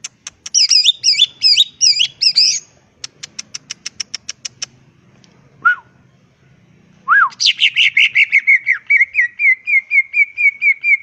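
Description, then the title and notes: Greater green leafbird song: scratchy, twisting high phrases, then a rapid train of dry clicks, a lone slur, and a long run of rhythmic chirps. Singing vigorously (gacor) with ngentrok song style and raised crest (jambul nembak); melodious song described as suitable as a master recording for training leafbirds. "Cucak Ijo Gacor Ngentrok Jambul Nembak. suara burung cucak ijo gacor, merdu cocok buat masteran burung cucak ijo"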